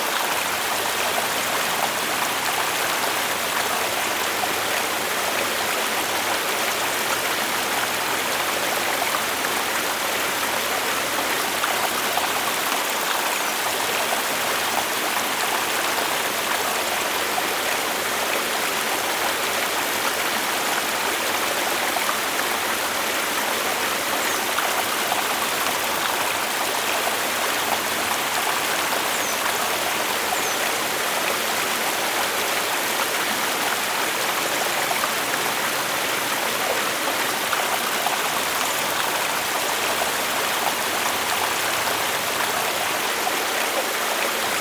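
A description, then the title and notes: A river rushes steadily and densely, a bright unbroken hiss of churning water with little low rumble, holding the same level throughout. River Relaxation.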